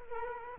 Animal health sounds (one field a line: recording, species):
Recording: mosquito wingbeat signal from an infrared sensor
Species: Culex quinquefasciatus